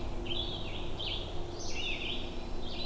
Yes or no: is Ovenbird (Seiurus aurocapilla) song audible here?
no